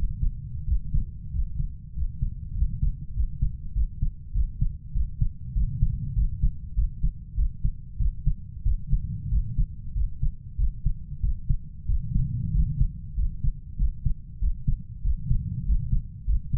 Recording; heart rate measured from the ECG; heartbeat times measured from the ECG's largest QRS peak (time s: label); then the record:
heart sounds by stethoscope; 96 bpm
0.67 s: heartbeat
1.33 s: heartbeat
1.96 s: heartbeat
2.56 s: heartbeat
3.16 s: heartbeat
3.75 s: heartbeat
4.35 s: heartbeat
4.95 s: heartbeat
5.56 s: heartbeat
6.16 s: heartbeat
6.77 s: heartbeat
7.38 s: heartbeat
8.00 s: heartbeat
8.66 s: heartbeat
9.32 s: heartbeat
9.96 s: heartbeat
10.59 s: heartbeat
11.23 s: heartbeat
11.89 s: heartbeat
12.55 s: heartbeat
13.18 s: heartbeat
13.79 s: heartbeat
14.42 s: heartbeat
15.05 s: heartbeat
15.67 s: heartbeat
16.28 s: heartbeat
From the record:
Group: healthy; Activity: rest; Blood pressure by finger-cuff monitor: 131/67 mmHg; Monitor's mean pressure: 87 mmHg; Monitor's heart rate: 96 bpm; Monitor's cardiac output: 8.1 L/min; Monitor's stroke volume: 87 mL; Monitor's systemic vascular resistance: 830 dyn s/cm5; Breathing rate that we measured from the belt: 18 breaths a minute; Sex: male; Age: 21 years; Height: 175 cm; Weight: 72.6 kg